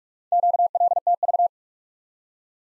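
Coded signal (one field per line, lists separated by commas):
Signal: Morse code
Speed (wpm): 41 wpm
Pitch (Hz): 700 Hz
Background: none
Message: QLTV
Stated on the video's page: Morse practice of random four-character letter-number groups at 45 wpm for head-copy.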